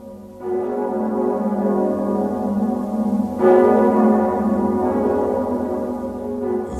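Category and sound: signal or alarm, church bells ringing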